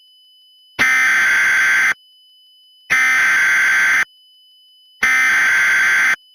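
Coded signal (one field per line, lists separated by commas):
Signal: Emergency Alert System (SAME) tones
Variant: header bursts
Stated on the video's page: Mock (simulated) EAS severe thunderstorm warning.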